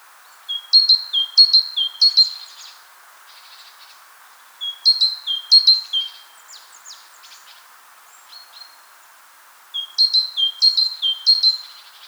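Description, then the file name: Great tit song: bright two-note phrases, a high note dropping to a lower one, repeated a few times in each of three bursts separated by pauses, over faint steady hiss. "Parus major"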